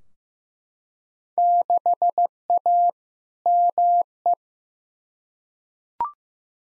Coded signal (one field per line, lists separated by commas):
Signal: Morse code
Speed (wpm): 15 wpm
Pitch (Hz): 700 Hz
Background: none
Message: 6A ME